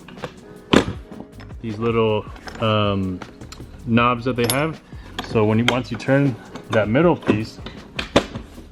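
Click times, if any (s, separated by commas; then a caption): 8.0 s, 8.2 s. Someone talks while turning the middle piece of a fuel-can mount onto its little knobs, with a few light knocks early on. Two sharp clicks come at 8.0 and 8.2 seconds as the middle piece locks into place.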